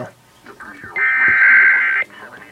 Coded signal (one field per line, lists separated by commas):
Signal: Emergency Alert System (SAME) tones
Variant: header bursts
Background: speech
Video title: EAS #145 - Severe Thunderstorm Warning